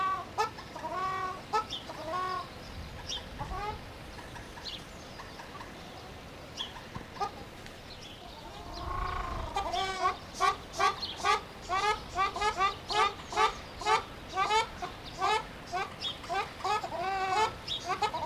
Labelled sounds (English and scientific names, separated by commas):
Ruddy Shelduck (Tadorna ferruginea) call